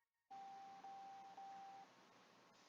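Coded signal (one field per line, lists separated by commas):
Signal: none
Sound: short doorbell-like chime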